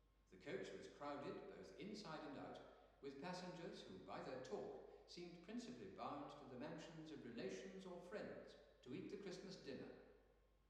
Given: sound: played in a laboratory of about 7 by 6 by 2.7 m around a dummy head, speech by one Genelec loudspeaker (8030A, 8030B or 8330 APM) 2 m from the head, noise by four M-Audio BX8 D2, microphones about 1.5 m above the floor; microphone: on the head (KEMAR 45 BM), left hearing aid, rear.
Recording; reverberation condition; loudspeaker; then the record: male speech in English; high; 150 degrees to the left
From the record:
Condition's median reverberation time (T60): about 1300 ms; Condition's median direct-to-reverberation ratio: about -4.0 dB